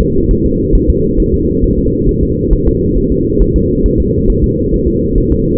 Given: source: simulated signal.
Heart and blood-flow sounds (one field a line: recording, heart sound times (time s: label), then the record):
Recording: fetal heart sounds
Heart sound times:
0.01 s: S2
0.31 s: S1
0.45 s: S2
0.75 s: S1
0.90 s: S2
1.20 s: S1
1.34 s: S2
1.64 s: S1
1.78 s: S2
2.09 s: S1
2.23 s: S2
2.53 s: S1
2.68 s: S2
2.98 s: S1
3.12 s: S2
3.42 s: S1
3.56 s: S2
3.86 s: S1
4.00 s: S2
4.30 s: S1
4.44 s: S2
4.74 s: S1
4.88 s: S2
5.18 s: S1
5.32 s: S2
From the record:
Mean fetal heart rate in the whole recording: 135 bpm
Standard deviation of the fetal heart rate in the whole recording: 3 bpm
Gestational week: 36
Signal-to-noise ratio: -14.7 dB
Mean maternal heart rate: 72 bpm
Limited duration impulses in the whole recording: present